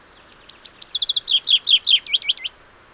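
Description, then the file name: Common chaffinch singing one phrase of crisp high chips that quicken into a rapid trill and end in a string of emphatic falling notes. "Fringilla coelebs"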